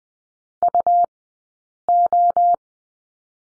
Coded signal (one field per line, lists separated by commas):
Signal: Morse code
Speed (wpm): 20 wpm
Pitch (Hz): 700 Hz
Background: none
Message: UO